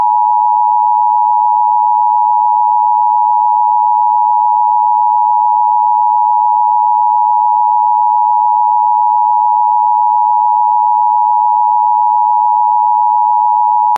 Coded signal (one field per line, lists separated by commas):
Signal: Emergency Alert System (SAME) tones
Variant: 853 and 960 Hz attention tone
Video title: Emergency Alert System Tornado Mock-Up